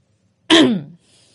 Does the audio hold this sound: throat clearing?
yes